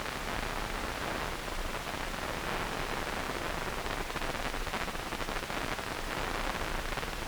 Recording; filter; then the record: brain microelectrode recording played as sound; wide band, above 20 Hz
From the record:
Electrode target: subthalamic nucleus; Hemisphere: right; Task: reaching with the left hand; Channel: 2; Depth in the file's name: 1.506 mm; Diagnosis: Parkinson's disease